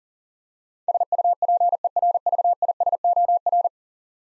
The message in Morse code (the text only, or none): SUPERVISOR